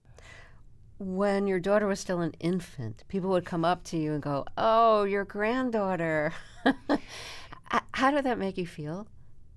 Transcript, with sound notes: When your daughter was still an infant, people would come up to you and go, oh, your granddaughter (laughter). How did that make you feel?